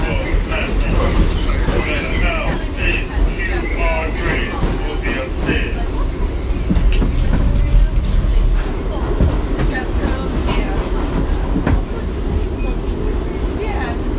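A New York subway ride: a steady, heavy rumble of train wheels and rail noise fills the whole stretch, with a constant low roar. Rattling clatter and brief squealing whines come and go, especially in the first half, and level stays loud throughout.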